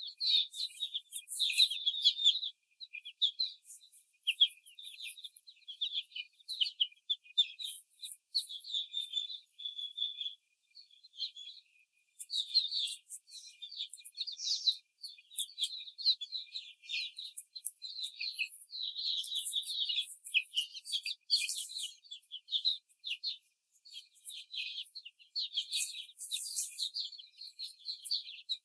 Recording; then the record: young laying hens in a cage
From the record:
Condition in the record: before the stressor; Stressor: simulated dog barking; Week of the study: 4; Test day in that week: 3